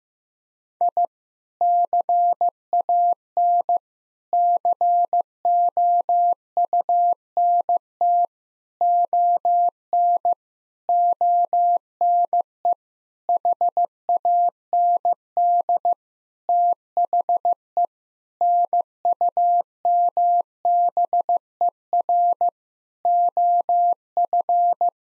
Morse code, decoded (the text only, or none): I CAN COUNT ON ONE HAND THE NUMBER OF